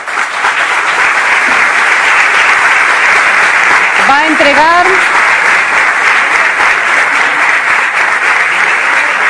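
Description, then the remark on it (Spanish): Steady, dense applause from a large audience at a posthumous tribute by the Ubrique town council to Ernesto Domínguez, filling the whole stretch, with a brief spoken phrase rising over the clapping partway through. “Un fuerte aplauso.”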